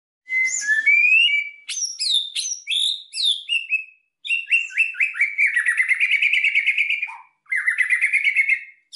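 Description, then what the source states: White-rumped shama song: rich varied whistled phrases, rising and falling notes and quick chattering trills, pausing briefly around four seconds then resuming. Lure call used for trapping.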